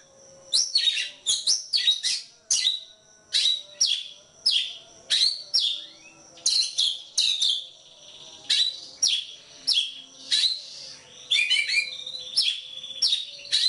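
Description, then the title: Oriental magpie-robin song of loud, ringing whistles in regular bursts, with a rapid jumble of notes late on. Kacer poci form; competition bird, national champion; chatty (gacor) singer showing 'nembak' and 'ngerol' song styles; seven types of call every three minutes. "Kacer Poci Gacor Nembak Dan Ngerol Juara Nasional. 7 macam suara kacer setiap 3 menit"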